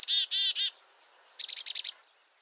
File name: black capped chickadee